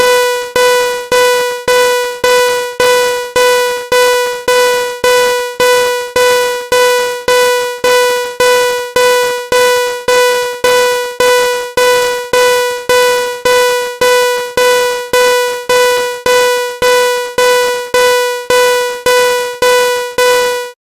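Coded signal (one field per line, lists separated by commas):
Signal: none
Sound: synth music tones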